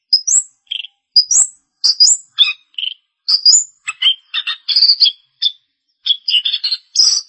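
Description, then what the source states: Long-tailed shrike singing a busy medley of sharp high chirps, upward whistles and scratchy fragments in quick clusters. Recorded March 2017.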